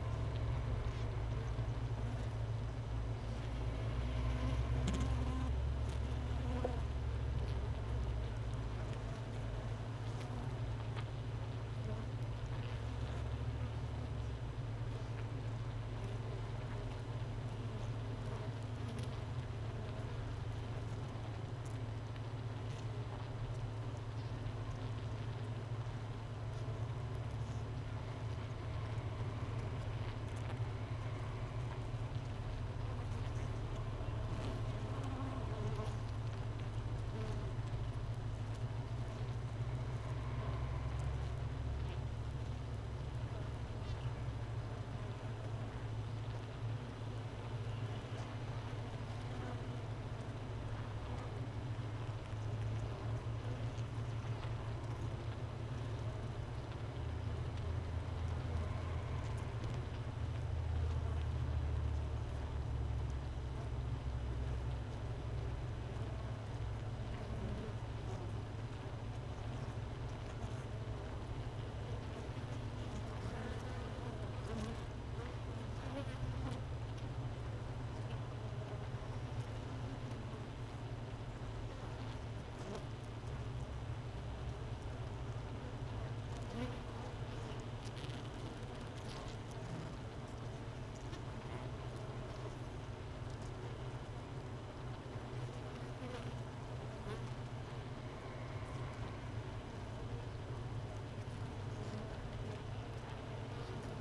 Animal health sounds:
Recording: honeybee colony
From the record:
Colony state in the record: missing queen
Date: 31 May 2018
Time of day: 13:34

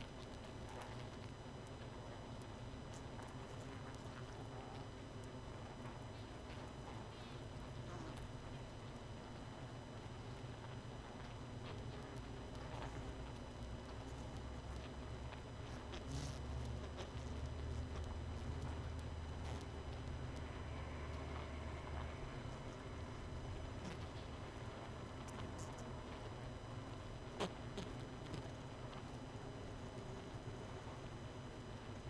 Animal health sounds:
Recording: honeybee colony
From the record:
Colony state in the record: missing queen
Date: 31 May 2018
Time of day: 23:23

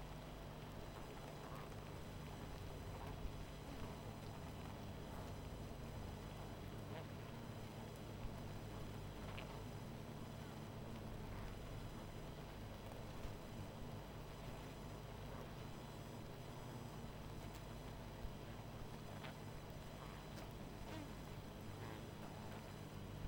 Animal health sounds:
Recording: honeybee colony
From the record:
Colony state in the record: missing queen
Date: 14 July 2017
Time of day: 20:35

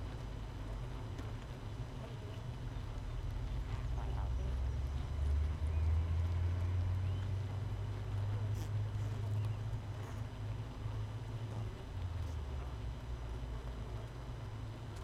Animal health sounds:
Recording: honeybee colony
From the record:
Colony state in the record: missing queen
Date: 31 May 2018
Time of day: 5:21

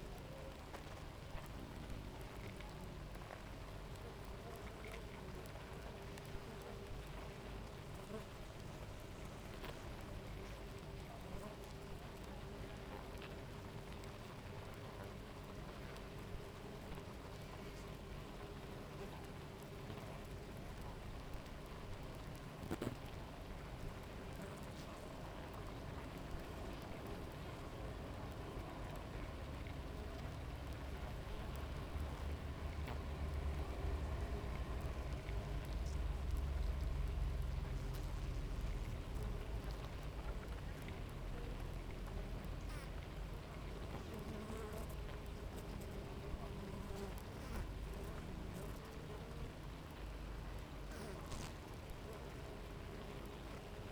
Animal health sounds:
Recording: honeybee colony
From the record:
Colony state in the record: active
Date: 28 July 2017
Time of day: 7:37

